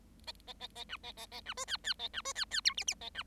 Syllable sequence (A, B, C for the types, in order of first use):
A A A A B A A A B C D D A B C D D E F F A B